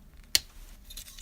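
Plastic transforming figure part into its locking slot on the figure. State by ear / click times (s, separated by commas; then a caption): seated / 0.4 s. A part of a plastic TakaraTomy Legends Series LG-56 Perceptor transforming robot figure is locked into its slot during transformation, after the figure's hands are flipped out. A sharp, bright snap at 0.4 s is followed by a few faint soft ticks near 0.9 s, 1.0 s and 1.2 s. The part snaps and locks into place.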